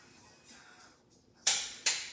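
A click-type torque wrench tightens a bolt on a forged engine build, likely a connecting rod or main cap bolt in the engine block. After quiet low-level background, the wrench gives a sharp, positive click at 1.5 s, followed by a second similar sharp sound near 1.9 s. The wrench has reached its torque setting.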